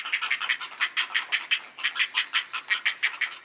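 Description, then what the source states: Great Blue Heron nestlings giving harsh, rhythmic chattering calls, pulses repeating several times a second in a steady run. Nestlings calling at a colony.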